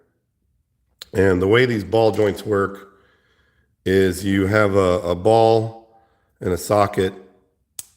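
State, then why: Seated. A plastic ball is pushed into its socket on the joint of a model mecha limb while someone talks. After the talking stops, a single sharp snap is heard at 7.8 seconds as the ball pops into place and the joint is seated.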